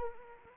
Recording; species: mosquito wingbeat signal from an infrared sensor; Anopheles arabiensis